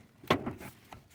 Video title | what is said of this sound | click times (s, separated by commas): Yaris/Vios Lower Grille Replacement | You hear a click sound when it's locked in place. | 0.3 s